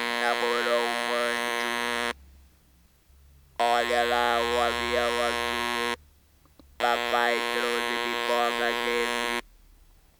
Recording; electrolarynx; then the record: speech with an electrolarynx; modified device, with random pitch perturbation and pitch set by sex and age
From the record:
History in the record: total laryngectomy